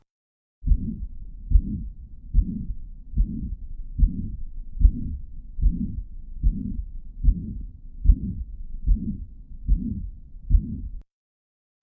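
An adult heart, heard through a Thinklabs digital stethoscope, beats steadily at about 73 per minute with a buzzing murmur that fills all of systole from the first to the second heart sound. This pansystolic murmur of mitral regurgitation reflects blood leaking back through the mitral valve and tends to radiate to the left axilla.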